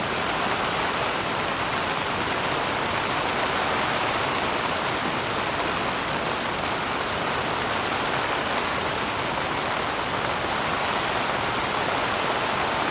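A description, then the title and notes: Rain patters on a tent's canvas in a dense, unbroken hiss that holds steady for the whole stretch. The sound is bright, with countless fine drops blending into a continuous wash, and no distinct individual impacts or other sounds stand out. Gentle Rain on Tent. This gentle rain noise, captured in high-quality, 3D audio, brings you the heart of a tranquil, remote countryside spot. The gentle patter of rain on canvas.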